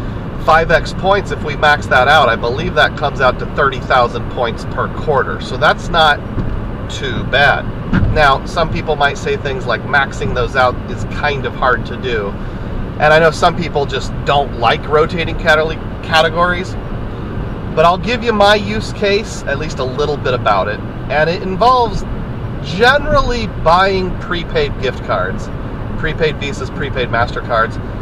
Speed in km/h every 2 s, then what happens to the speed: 108, 108, 108, 108, 108, 108, 108, 108, 108, 108, 108, 108, 108, 108.
0-28 steady at about 108.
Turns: none.